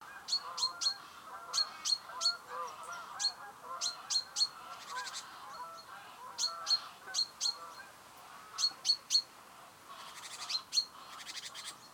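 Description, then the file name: Great tit calling steadily: sharp ringing notes mostly in quick threes, mixed with short buzzy rattles, across twelve seconds. "Parus major"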